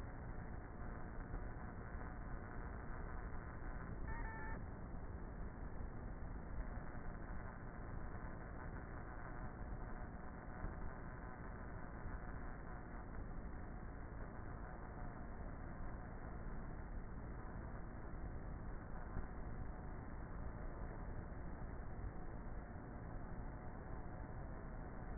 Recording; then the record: honeybee colony, microphone inside the hive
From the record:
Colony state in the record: queenless with a low population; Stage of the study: before two queens were removed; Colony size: about 30,000 bees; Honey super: no